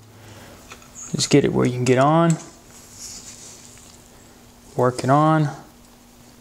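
A retaining clip is being handled on a transmission cooler line fitting, slid on using the solid areas so it can lock. Someone talks through most of the clip over faint background noise. Nothing has seated or clicked yet.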